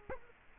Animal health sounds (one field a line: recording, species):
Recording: mosquito wingbeat signal from an infrared sensor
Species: Culex quinquefasciatus